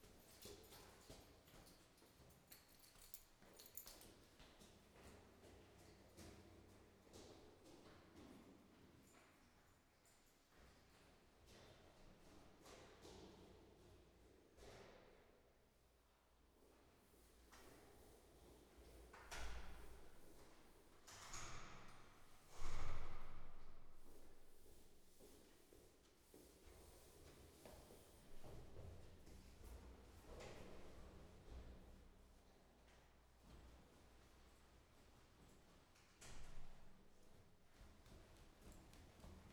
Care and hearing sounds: everyday scene through a hearing-aid microphone; reverberant space; background noise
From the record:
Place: staircase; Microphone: behind the ear, right, rear

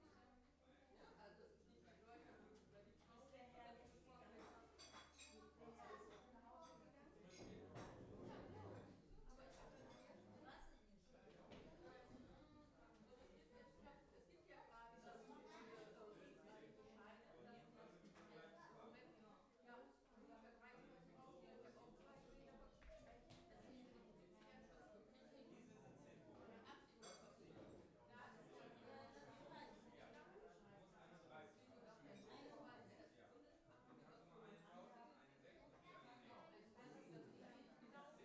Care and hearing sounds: everyday scene through a hearing-aid microphone; many people talking; many voices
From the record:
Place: parish hall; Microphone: behind the ear, left, rear

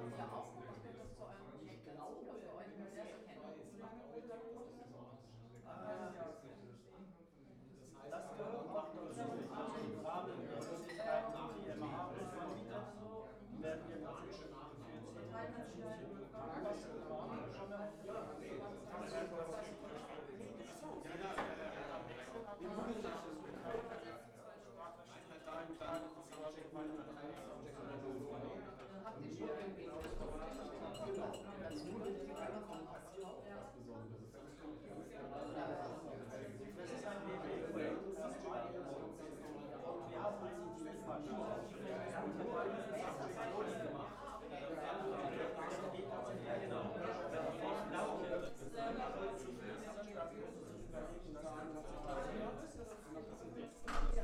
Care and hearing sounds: everyday scene through a hearing-aid microphone; many people talking; many voices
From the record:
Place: bistro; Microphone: behind the ear, left, front

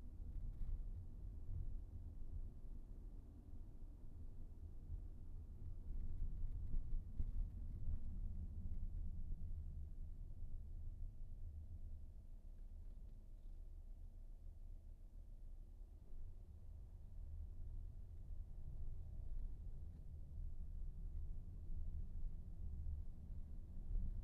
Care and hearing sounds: everyday scene through a hearing-aid microphone; in a vehicle; engine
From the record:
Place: VW T5 Caravelle, diesel engine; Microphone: behind the ear, right, rear

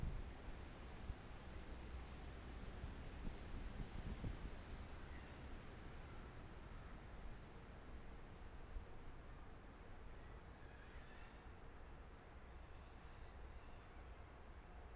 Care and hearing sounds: everyday scene through a hearing-aid microphone; wind on the microphone; gentle breeze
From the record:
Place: parking lot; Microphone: behind the ear, right, front

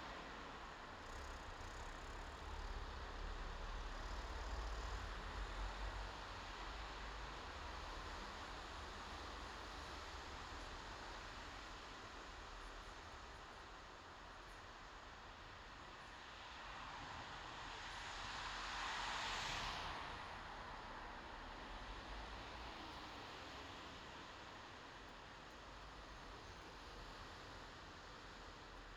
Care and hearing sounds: everyday scene through a hearing-aid microphone; in traffic; traffic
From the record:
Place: bus stop on a city main road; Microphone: in the ear canal, left

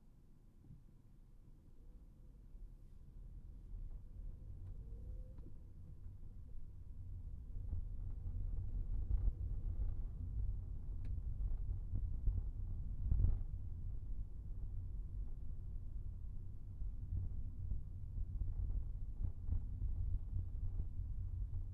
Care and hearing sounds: everyday scene through a hearing-aid microphone; in a vehicle; engine, rumble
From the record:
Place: Skoda Fabia, gasoline engine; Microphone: behind the ear, right, rear

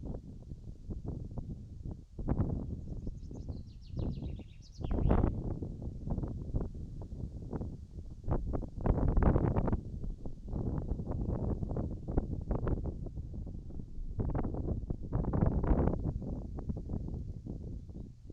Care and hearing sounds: everyday scene through a hearing-aid microphone; wind on the microphone; wind, birds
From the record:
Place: in front of a rural house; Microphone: in the ear canal, right

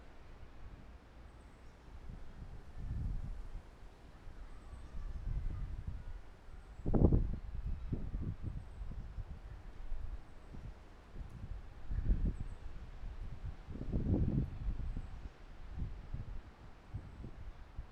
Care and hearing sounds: everyday scene through a hearing-aid microphone; wind on the microphone; squally wind, voices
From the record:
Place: parking lot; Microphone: behind the ear, left, front

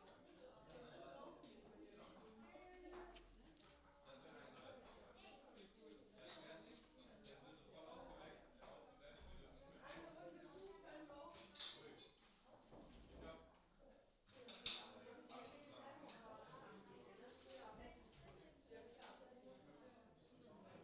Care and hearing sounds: everyday scene through a hearing-aid microphone; many people talking; many voices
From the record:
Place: parish hall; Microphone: in the ear canal, left

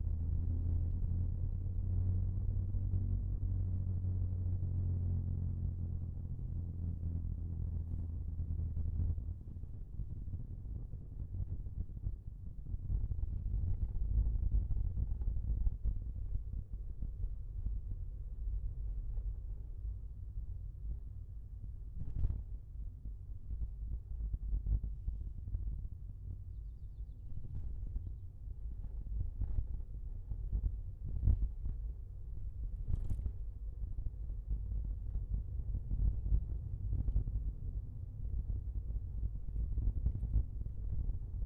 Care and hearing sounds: everyday scene through a hearing-aid microphone; in a vehicle; engine, rumble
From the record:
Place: Skoda Fabia, gasoline engine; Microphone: behind the ear, left, rear

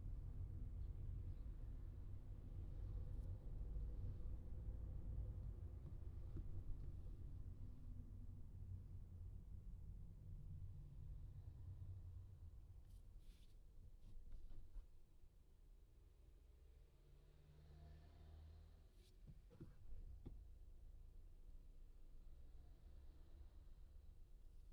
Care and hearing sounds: everyday scene through a hearing-aid microphone; in a vehicle; engine, traffic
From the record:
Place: Skoda Fabia, gasoline engine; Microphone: in the ear canal, left

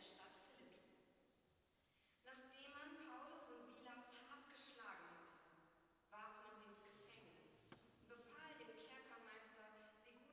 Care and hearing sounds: everyday scene through a hearing-aid microphone; reverberant space; speech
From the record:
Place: church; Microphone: in the ear canal, right

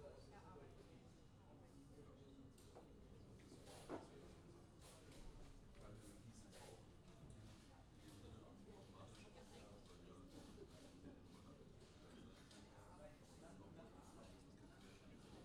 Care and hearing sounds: everyday scene through a hearing-aid microphone; many people talking; many voices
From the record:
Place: university cafeteria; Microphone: in the ear canal, left

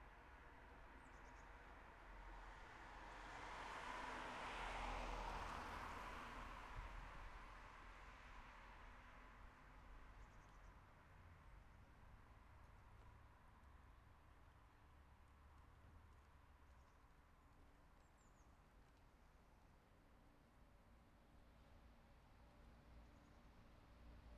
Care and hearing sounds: everyday scene through a hearing-aid microphone; in traffic; traffic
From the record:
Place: city secondary road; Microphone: behind the ear, left, front

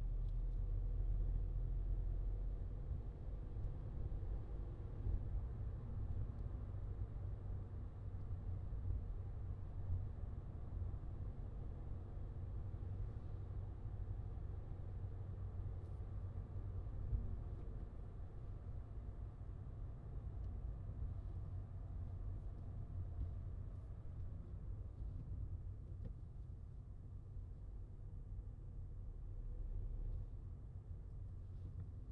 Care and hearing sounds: everyday scene through a hearing-aid microphone; in a vehicle; engine, highway driving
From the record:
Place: Skoda Fabia, gasoline engine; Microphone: in the ear canal, left

